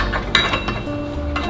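A metal anti-rattle abutment clip is pressed edge-first onto the rear brake caliper bracket of a 2011–2017 Honda Odyssey, with music playing in the background. A sharp metallic snap at 0.4 s marks the clip seating, with lighter metallic ticks around 0.1 s and 1.4 s.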